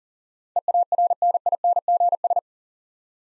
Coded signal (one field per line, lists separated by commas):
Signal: Morse code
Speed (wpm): 40 wpm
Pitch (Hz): 700 Hz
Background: none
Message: EARNINGS